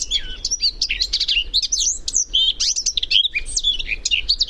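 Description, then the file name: Eurasian blackcap song, a fast, unbroken warble of scratchy and whistled notes, with many quick rising and falling slurs, over faint low rumble. "Sylvia atricapilla"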